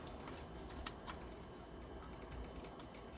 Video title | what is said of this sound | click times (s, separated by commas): Revisiting the PYE 20VR22 V2000 VCR - Part 2 - FRUSTRATION! | There you go, and click into place. | 0.9 s